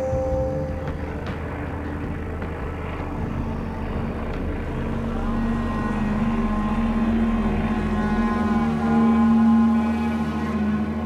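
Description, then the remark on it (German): A biplane's propeller engine chugs in a steady, rumbling drone with a low humming pitch as it flies leisurely over the Indian Ocean, running continuously and swelling slightly louder toward the end, with no voices. “Gemächlich tuckerte der Doppeldecker über den Indischen Ozean.”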